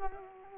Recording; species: mosquito wingbeat signal from an infrared sensor; Culex quinquefasciatus